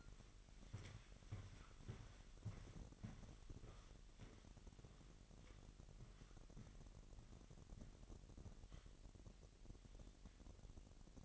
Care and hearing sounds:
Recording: daily activity, microphone in the room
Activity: walk to room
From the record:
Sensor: 4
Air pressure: 1013.0 hPa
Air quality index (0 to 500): 240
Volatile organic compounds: 4 ppm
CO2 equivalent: 1597 ppm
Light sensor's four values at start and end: 35/84/34/34 and 30/73/29/30

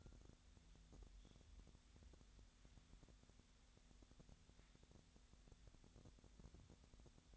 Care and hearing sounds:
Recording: daily activity, microphone in the room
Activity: wipe stove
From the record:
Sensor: 3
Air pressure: 1007.1 hPa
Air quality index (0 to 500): 206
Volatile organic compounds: 18 ppm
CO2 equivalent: 2630 ppm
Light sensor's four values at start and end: 11/27/11/11 and 11/27/11/11

